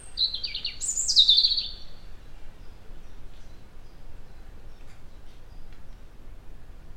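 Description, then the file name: European robin song: one brief burst of high, quickly descending and jumping warbled notes, then several seconds of quiet background hiss. "Erithacus rubecula"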